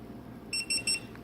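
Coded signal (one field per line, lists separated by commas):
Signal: beep code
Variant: Gitup Git2 action camera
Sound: three quick high-pitched electronic beeps in a row, then a faint click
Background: quiet room hum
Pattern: 3 short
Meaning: The camera is powering on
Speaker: the power button on the front for three seconds it comes on you get three beeps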